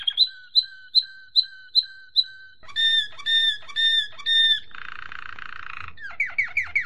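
Domestic canary singing: six evenly spaced high whistled chirps, then richer warbled notes, a dry buzzy rattle and a few quick down-slurred notes at the end.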